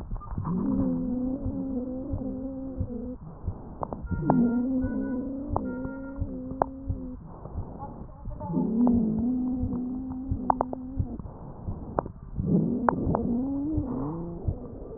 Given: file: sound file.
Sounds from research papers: Two respiratory medicine physicians separately listened to the recordings and characterized them as follows: (9) absent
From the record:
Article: Back to the future: the novel art of digital auscultation applied in a prospective observational study of critically ill Covid-19 patients

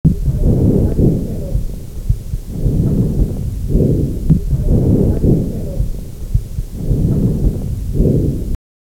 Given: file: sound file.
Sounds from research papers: Recovery phase - sitting patient, base of the lung: normal alveolar breathing.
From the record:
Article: Keeping PPE barriers in COVID-19 wards while doing proper auscultation

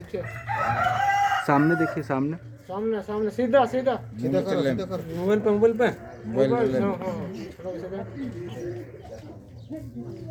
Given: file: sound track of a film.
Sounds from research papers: Opsoclonus-myoclonus recovered after two months of steroid treatment. She responded to questions appropriately most of the time, though sometimes deviated from the topic of conversation.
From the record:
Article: Opsoclonus-Myoclonus in a Patient With Japanese Encephalitis: A Video-Based Case

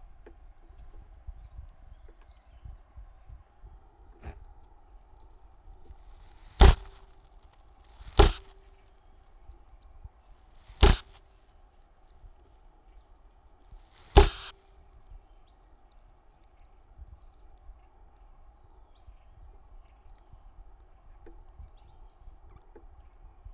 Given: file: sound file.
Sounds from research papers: An example of a hissing display can be found in the attached video.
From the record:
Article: Behavioral snake mimicry in breeding tits

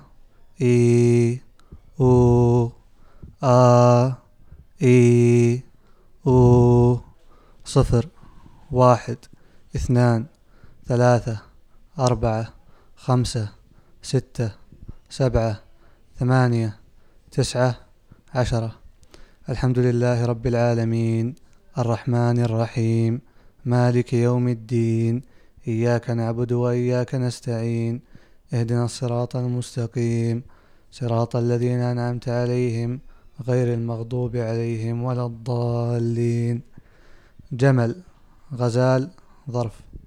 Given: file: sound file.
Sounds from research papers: This is a recording of a 23 years old male subject who is normal. The subject has no habit of smoking. As subject is normal, therefore, severity is 0 and no surgery is performed.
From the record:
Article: Development of the Arabic Voice Pathology Database and Its Evaluation by Using Speech Features and Machine Learning Algorithms

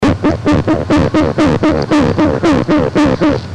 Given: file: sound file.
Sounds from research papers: Sample of a train of a Burst song.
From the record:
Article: Phenotypic differentiation in love song traits among sibling species of the Lutzomyia longipalpis complex in Brazil

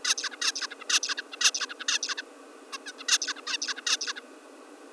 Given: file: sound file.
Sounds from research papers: Example of a Song from the Bird during TTX Inactivation of LMAN (Bout 1)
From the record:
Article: Vocal Experimentation in the Juvenile Songbird Requires a Basal Ganglia Circuit

